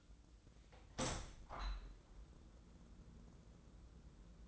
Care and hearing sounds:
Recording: daily activity, microphone in the room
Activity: open window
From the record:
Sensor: 3

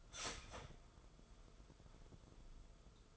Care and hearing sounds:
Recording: daily activity, microphone in the room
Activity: start toaster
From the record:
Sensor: 5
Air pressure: 994.5 hPa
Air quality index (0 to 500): 186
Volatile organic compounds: 1000 ppm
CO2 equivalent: 5437 ppm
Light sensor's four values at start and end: 43/131/51/56 and 43/131/51/56

